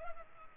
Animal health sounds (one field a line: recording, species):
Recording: mosquito wingbeat signal from an infrared sensor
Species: Culex pipiens